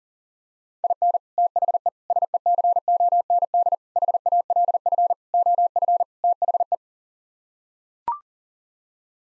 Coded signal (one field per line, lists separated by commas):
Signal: Morse code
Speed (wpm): 40 wpm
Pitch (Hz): 700 Hz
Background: none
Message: IN THE SECOND HALF OF THE